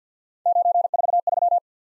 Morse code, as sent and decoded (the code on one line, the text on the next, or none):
----. ....- ...--
943